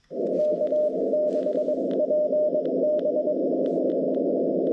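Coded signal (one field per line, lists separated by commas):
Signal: Morse code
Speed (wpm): 22 wpm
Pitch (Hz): 600 Hz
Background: radio noise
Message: K6PB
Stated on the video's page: CW POTA park activation on 20m sent with a new BaMaTech TP-III key and Xiegu G90; propagation fantastic, operator uncomfortable with the new key.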